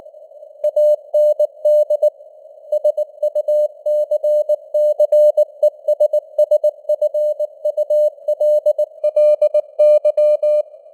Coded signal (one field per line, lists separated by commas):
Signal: Morse code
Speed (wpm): 19 wpm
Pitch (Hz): 600 Hz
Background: none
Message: AND SUCCESSFULLY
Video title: Morse Code News | 2025-11-14 | 19wpm